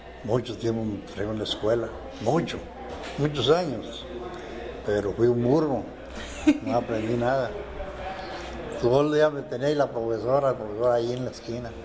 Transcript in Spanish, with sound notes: Mucho tiempo me trajeron a la escuela, mucho, muchos años, pero fui un burro, (risas) no aprendí nada. Todo el día me tenía ahí la profesora, la profesora allí en la esquina.